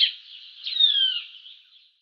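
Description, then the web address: House bunting call: a brief note at the start, then a drawn-out, thin descending whistle that fades away. "Schulze Peter House Bunting"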